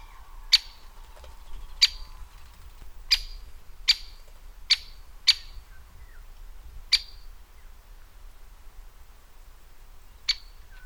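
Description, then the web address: Great spotted woodpecker giving sharp, single 'kik' calls at irregular intervals, about eight over ten seconds, with faint low background rumble. From a bird educational trail. "Vogellehrpfad Buntspecht"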